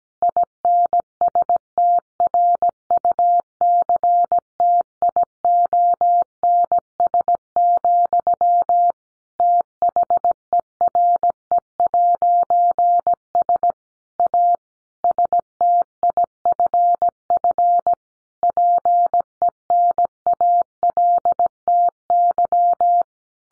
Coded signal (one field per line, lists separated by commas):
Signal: Morse code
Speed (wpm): 17 wpm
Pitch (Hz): 700 Hz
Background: none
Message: INSTRUCTIONS, THERE'S A STIFF PENALTY